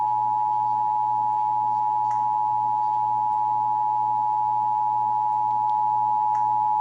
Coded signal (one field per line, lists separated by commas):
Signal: Emergency Alert System (SAME) tones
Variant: 853 and 960 Hz attention tone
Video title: (EAS #444-452) May 2023 Texas Required Monthly Test